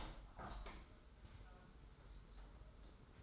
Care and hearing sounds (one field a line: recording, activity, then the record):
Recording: daily activity, microphone in the room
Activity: open window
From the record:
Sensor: 3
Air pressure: 991.2 hPa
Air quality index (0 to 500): 116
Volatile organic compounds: 79 ppm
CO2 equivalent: 3596 ppm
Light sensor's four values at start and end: 48/131/53/47 and 48/132/54/47